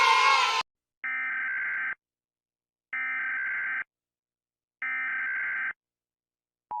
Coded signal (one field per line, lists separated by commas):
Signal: Emergency Alert System (SAME) tones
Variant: header bursts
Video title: Rating EAS Alarms Based on How Scary They Are (Headphone Warning)